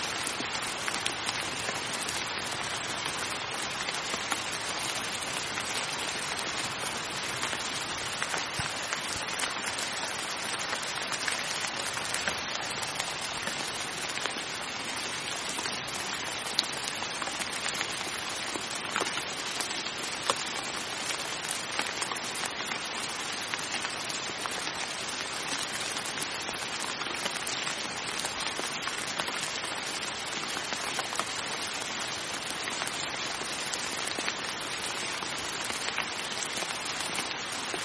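Steady rain falls throughout, a dense, even hiss of countless drops spread from the low end up into bright high tones. Loudness barely changes across the whole stretch, with only small flickers of individual drops. No other sounds stand out.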